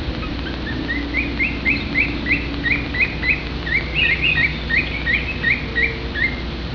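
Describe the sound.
Lineated foliage-gleaner calls: a steady series of short, sharp rising notes, about three a second, over constant low background noise.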